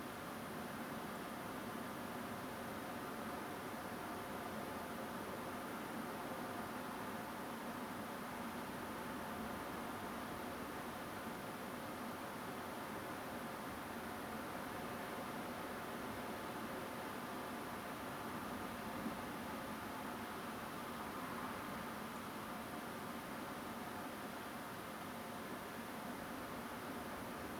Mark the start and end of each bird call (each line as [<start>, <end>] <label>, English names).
[1.15, 1.18] Song Thrush
[22.15, 22.18] Song Thrush